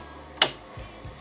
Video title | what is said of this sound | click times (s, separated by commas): Embroidery Made Easy: Mastering the 8-in-1 Hoop on Ricoma EM1010 - Step By Step | there you go you just heard the click the little two knobs in the back click you are good to go | 0.4 s